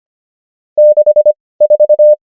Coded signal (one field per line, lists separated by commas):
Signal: Morse code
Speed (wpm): 25 wpm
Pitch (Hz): 600 Hz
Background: none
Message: 64